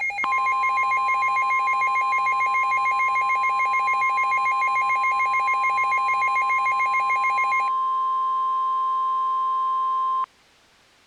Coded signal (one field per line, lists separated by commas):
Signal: Emergency Alert System (SAME) tones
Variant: 1050 Hz attention tone